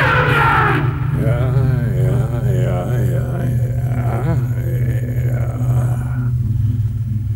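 In a radio play, an elephant trumpets through its trunk in a long, wavering, brassy call that bends up and down in pitch for several seconds, loud over a steady deep rumble.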